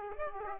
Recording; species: mosquito wingbeat signal from an infrared sensor; Aedes aegypti